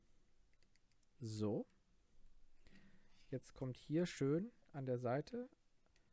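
A plastic C-clamp clip on the side of a LEGO 6261 ship model is handled and pressed toward a bar while someone talks, with faint handling noises in between. Nothing has seated or clicked yet; the clip ends just before the part goes home.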